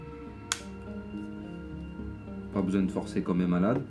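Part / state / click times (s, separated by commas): plastic front housing clipping onto the phone frame / seated / 0.5 s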